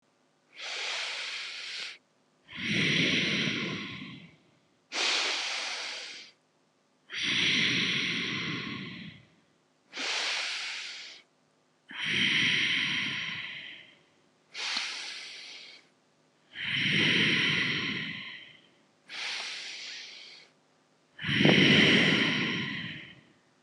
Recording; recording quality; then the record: deep breathing; excellent, no background noise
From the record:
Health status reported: healthy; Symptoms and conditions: hypertension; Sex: male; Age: 49 years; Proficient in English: yes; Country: India